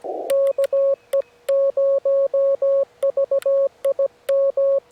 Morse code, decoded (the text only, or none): KE0VIM